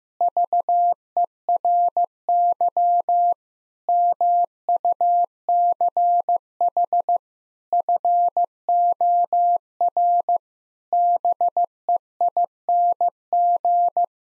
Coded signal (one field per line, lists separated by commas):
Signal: Morse code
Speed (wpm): 15 wpm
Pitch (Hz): 700 Hz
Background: none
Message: VERY MUCH FOR BEING